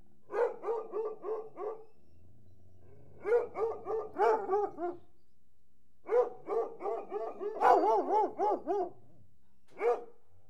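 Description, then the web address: Dogs barking in rapid volleys of several barks each, separated by short pauses, with a lone bark at the end. Hunting hounds growling and barking. "BBC Sound Effects Library. Hunting Hounds Growling"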